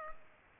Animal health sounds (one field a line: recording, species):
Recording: mosquito wingbeat signal from an infrared sensor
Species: Culex pipiens